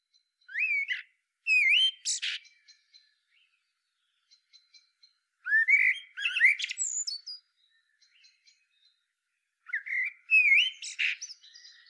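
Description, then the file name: Common blackbird song: three warbled phrases with high scratchy endings, each about five seconds apart, with faint soft ticks in between. "Turdus merula"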